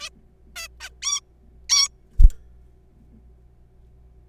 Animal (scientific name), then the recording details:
Taeniopygia guttata. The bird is a juvenile. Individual R3428